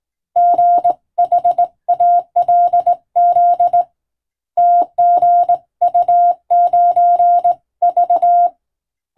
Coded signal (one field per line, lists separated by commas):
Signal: Morse code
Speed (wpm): 20 wpm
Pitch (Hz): 700 Hz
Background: none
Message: GHALZ TGU9V